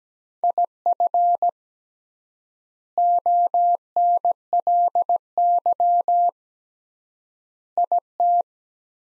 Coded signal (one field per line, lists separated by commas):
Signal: Morse code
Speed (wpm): 17 wpm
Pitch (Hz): 700 Hz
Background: none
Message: IF ONLY IT